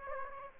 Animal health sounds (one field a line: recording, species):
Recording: mosquito wingbeat signal from an infrared sensor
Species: Aedes aegypti